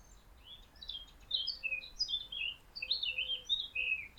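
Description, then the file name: Eurasian blackcap song: continuous bright, tumbling warble of quick whistled and slurred notes, with a faint lower repeated tone underneath. "Sylvia atricapilla"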